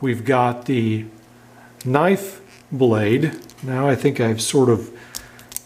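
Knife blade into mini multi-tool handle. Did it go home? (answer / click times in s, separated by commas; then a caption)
yes / 5.6 s. A small metal knife blade is unfolded on a Gerber Keystyle mini multi-tool, whose blades wobble until they snap into place in the handle. Someone talks through most of the clip, then quiet clicks lead to a sharp click at 5.6 s as the knife blade seats.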